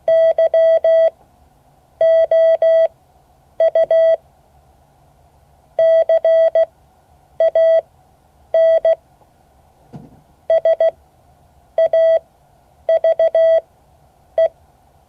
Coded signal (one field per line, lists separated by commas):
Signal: Morse code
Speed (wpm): 16 wpm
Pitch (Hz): 650 Hz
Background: none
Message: YOU CAN SAVE